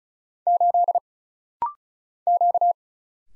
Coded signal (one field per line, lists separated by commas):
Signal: Morse code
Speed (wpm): 34 wpm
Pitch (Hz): 700 Hz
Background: none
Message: 8 Q